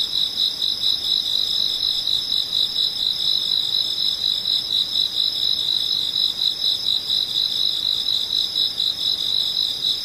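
Insects trill in a steady, dense, high-pitched pulsing that never pauses, over a faint low hiss of background noise.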